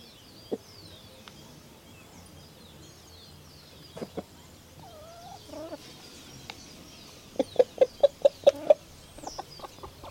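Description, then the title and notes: Chicken clucks, sparse at first then a quick series of sharp clucks near the end, with a wavering whistled bird call and faint high chirps. Several chickens recorded in Vereda Potrerito, eastern Antioquia, around midday. "Gallinas Vereda Potrerito. Vereda al oriente antioqueño potrerito, mas o menos 12 del dia"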